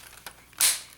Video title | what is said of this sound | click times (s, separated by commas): [Unboxing] Nerf N-Strike Elite XD Crossbolt | you'll hear a snap | 0.6 s